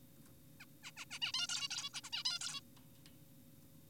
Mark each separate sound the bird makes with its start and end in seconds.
0.60-0.65, 0.84-0.91, 0.97-1.05, 1.11-1.19, 1.22-1.32, 1.34-1.47, 1.49-1.68, 1.71-1.90, 1.94-2.01, 2.04-2.10, 2.13-2.24, 2.25-2.39, 2.41-2.61